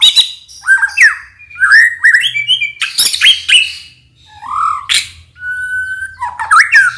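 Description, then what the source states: White-rumped shama song: loud, varied whistled phrases with slurred rising and falling notes, harsh chattering bursts and sharp chips, separated by short pauses. Singing actively (gacor); lure sound meant to make birds respond.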